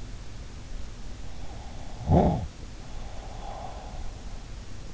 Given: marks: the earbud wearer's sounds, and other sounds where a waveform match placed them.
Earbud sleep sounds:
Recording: sounds in sleep by an in-ear microphone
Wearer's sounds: snoring breath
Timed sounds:
1.92-4.25 s: snoring breath

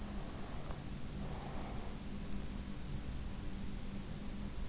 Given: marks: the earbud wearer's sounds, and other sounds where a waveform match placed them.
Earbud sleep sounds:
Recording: sounds in sleep by an in-ear microphone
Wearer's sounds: breath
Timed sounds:
0.29-2.10 s: breath

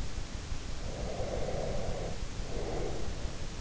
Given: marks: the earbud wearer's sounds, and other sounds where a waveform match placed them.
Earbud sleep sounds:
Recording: sounds in sleep by an in-ear microphone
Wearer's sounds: breath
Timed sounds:
0.89-3.03 s: breath

